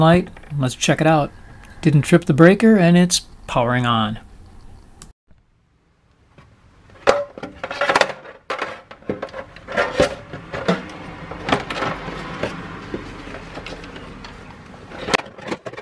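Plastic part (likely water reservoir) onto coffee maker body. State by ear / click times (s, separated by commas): not seated / none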